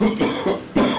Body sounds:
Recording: coughing mixed with background sound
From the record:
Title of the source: Spring Cold Coughing 3

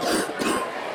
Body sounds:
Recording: coughing mixed with background sound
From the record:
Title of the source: 60 coughing still (deep and wet cough)

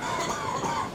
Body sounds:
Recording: coughing mixed with background sound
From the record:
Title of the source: Spring Cold Coughing 2

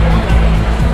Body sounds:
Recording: background sound without coughing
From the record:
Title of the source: Party Noise 1 Hour Party Ambience

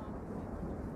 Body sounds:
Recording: background sound without coughing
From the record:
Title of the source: Train Ride Ambience ambient white noise for sleeping, focus, studying, reading

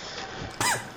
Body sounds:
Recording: coughing mixed with background sound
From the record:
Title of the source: Mid-morning Winter Coughing Fit

